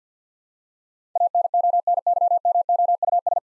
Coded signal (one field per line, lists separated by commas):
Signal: Morse code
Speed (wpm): 50 wpm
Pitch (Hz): 700 Hz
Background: none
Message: ANONYMOUS